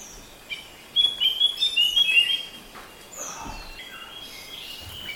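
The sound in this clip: Shama song: a burst of rich, varied warbled notes around the middle, with thin high whistles and faint chirps before and after.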